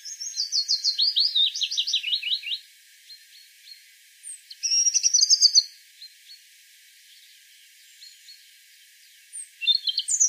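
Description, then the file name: European robin singing short bursts of high, rapid trilled notes, then a long pause, another bright trill, and faint scattered notes. "Erithacus rubecula"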